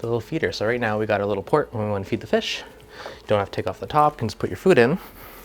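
Someone talks while handling a clear 3D-printed plastic feeder cup near the feeding port of an aquarium lid. The cup has not yet been pushed into the lid port, and nothing has seated or clicked yet.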